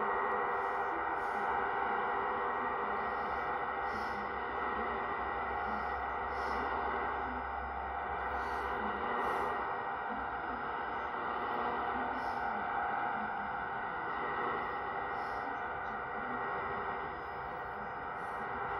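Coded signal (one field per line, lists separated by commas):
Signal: numbers station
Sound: continuous harsh warbling multi-tone data hiss, no spoken numbers audible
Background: radio static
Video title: Cuban Numbers Station 11.635 Mhz 1/28/23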